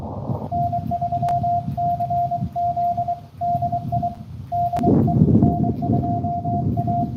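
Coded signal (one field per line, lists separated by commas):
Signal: Morse code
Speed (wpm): 22 wpm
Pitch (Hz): 690 Hz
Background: none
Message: N3CZ DI DE N2A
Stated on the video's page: Live POTA park activation in Morse code.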